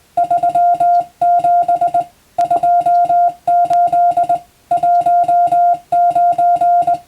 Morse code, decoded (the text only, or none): 37 28 19